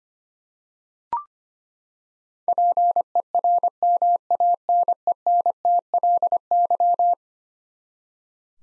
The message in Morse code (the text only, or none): PERMANENTLY